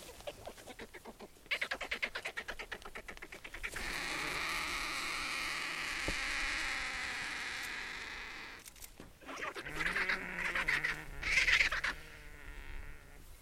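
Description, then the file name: Indian vulture making rapid rattling clatters that merge into a long harsh hiss, followed by further grating, wheezy rasps and low grunts. "Indian Vulture Gyps indicus"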